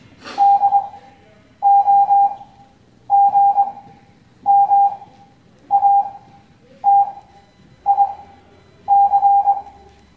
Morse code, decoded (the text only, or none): DOGMATIC